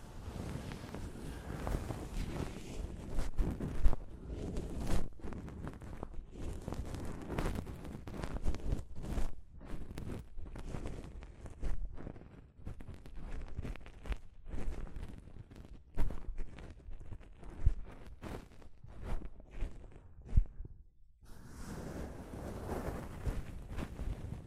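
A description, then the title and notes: Soft fabric brushes against a microphone in a continuous rustling rumble, heavy in the low end with frequent bright scratchy swipes. The strokes come irregularly, several per second, with a brief near-silent pause around 21 seconds before the rubbing resumes more evenly. ASMR Mic Brushing using Soft Fabric (No Talking).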